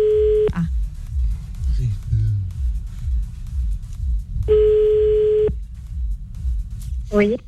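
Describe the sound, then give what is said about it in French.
A steady mid-pitched telephone ringback tone sounds in two one-second bursts separated by a few seconds of silence, with muffled voices murmuring quietly in the background. “Le téléphone, il a pu. On y va, c'est parti.”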